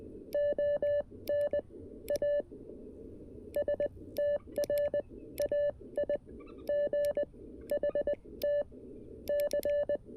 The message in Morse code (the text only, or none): ON A STRAIGHT C